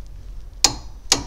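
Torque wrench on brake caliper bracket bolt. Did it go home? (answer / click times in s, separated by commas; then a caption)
yes / 0.6 s, 1.1 s. A torque wrench tightens a brake caliper bracket bolt during a disc and pad change on an Aygo / C1 / 107, pushed at the end of the handle in line with the bolt axis until it releases. Two sharp metallic clicks ring out at 0.6 s and 1.1 s over a quiet background, confirming the wrench has reached its torque setting.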